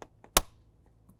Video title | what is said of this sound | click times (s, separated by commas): How to Replace Blower Motor 2004-2006 Scion xB | listen for a nice click make sure it's secure now we can start putting in our four mounting screws start | 0.4 s